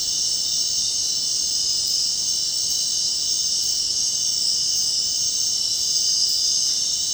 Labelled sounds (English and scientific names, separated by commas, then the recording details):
none
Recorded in dense forest near Puerto Asís, Putumayo, Colombia, on 25 June 2025 at 20:30
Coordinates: 0.499, -76.324
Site G100